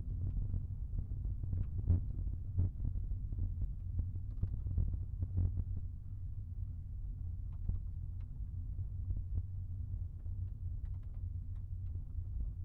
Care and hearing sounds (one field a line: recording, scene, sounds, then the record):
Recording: everyday scene through a hearing-aid microphone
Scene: in a vehicle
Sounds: engine, rumble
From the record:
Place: Skoda Fabia, gasoline engine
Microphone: behind the ear, right, rear